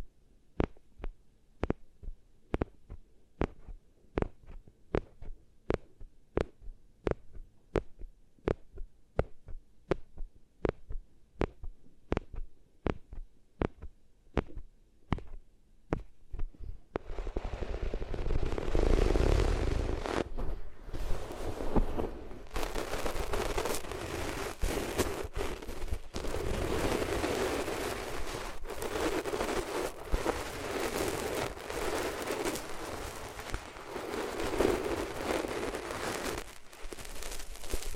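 Rubbing against the ears starts as regular sharp taps about twice a second, then at seventeen seconds turns into dense, steady scraping rustle.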